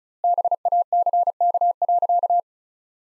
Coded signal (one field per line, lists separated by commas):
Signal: Morse code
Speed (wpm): 36 wpm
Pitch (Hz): 700 Hz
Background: none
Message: BACK.